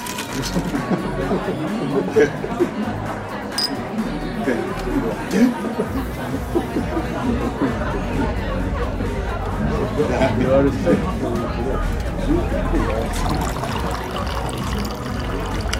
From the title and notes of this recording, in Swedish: Baren. En timme sorlande barljud.